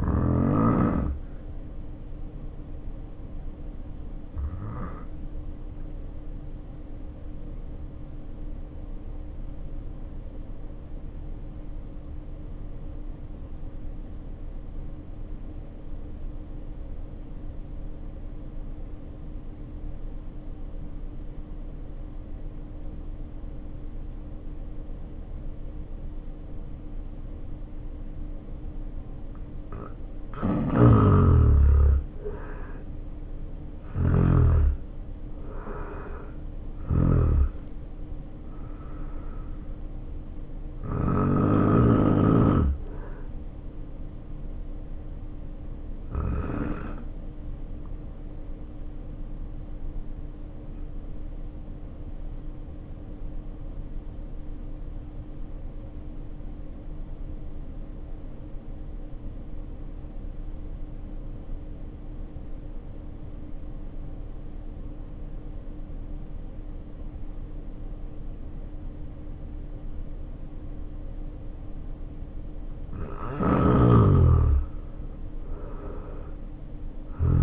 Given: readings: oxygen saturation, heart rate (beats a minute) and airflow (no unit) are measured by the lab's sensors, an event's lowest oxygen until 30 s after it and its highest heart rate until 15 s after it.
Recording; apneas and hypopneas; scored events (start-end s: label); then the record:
breathing in sleep by a smartphone at the bedside; 2
7.00-35.30 s: obstructive apnea (N2, oxygen 95% highest, then 78% lowest, heart rate 51 at the start, 72 highest)
45.00-75.00 s: new sleep stage, N1 (lightest sleep)
46.00-70.20 s: obstructive apnea (N1, oxygen 94% highest, then 77% lowest, heart rate 58 at the start, 71 highest)
75.00-77.42 s: new sleep stage, N2 (light sleep)
From the record:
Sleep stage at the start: N2 (light sleep); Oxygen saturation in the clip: 77 to 95%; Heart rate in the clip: 51 to 72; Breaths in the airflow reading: 6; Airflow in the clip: -5.1 to 5.9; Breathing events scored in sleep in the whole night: 520 in 7.2 hours asleep